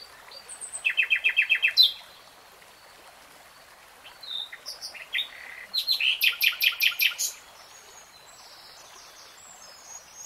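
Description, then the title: Nightingale song in three phrases: a fast run of repeated notes, a short broken burst, then another quick rattling series, with quiet pauses between. Nightingale singing, in real time. "[Tiếng chim hót] 3 Hours REALTIME Nightingale Singing"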